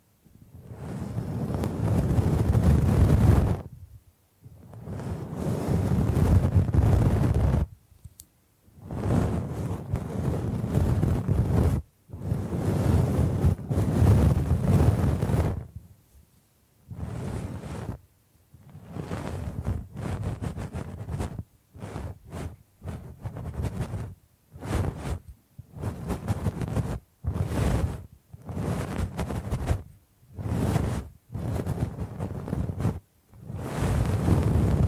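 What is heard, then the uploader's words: Bamboo being brushed and scratched in a series of rough, rustling strokes, the first few long and heavy, lasting two to three seconds each. After about fifteen seconds the strokes turn shorter and quicker, coming in choppy bursts with brief silences between them. Bamboo Tapping, Scratching and Brushing Sounds.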